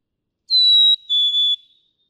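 Black-capped chickadee whistles a lone two-note fee-bee, a clear higher tone followed by a lower one, with silence around it.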